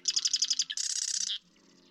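Marsh Wren song: a fast stuttering rattle of sharp notes, then a dense buzzy trill ending abruptly after about a second and a half.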